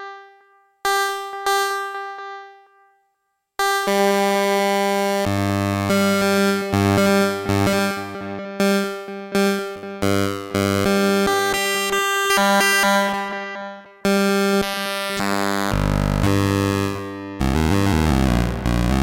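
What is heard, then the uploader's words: Synthesizer oscillators hold a steady pitched tone while filtered, ring-modulated bursts stutter and step rapidly over it, growing denser and louder after four seconds. SH - 7 Front Panel Exploration (not music). Just messing with front panel. Oscillators, filters, ring mod, sample & hold, etc.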